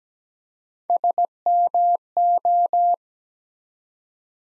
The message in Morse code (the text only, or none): SMO